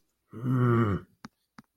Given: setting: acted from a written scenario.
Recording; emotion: vocal sound without words; anger